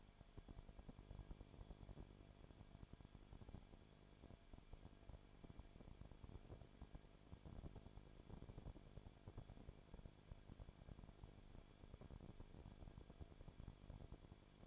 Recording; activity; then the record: daily activity, microphone in the room; no activity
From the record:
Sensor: 5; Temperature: 19.8 degrees Celsius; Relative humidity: 33.2%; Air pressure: 1001.4 hPa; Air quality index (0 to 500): 32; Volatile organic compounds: 1 ppm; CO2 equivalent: 526 ppm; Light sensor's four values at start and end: 2/3/1/1 and 2/3/1/1